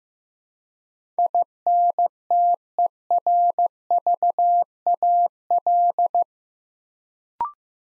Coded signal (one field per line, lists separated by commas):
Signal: Morse code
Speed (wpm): 15 wpm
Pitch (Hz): 700 Hz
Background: none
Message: INTERVAL